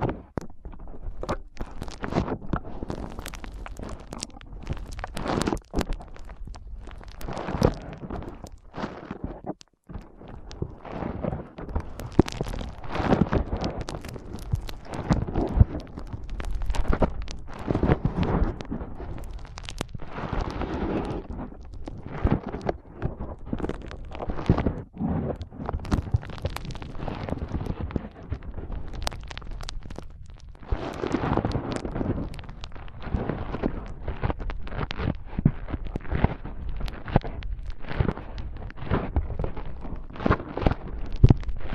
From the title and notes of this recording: ASMR Powerful Foam Brain Massage.